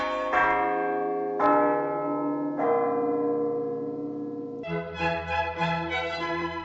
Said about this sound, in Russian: Зазвонили колокола.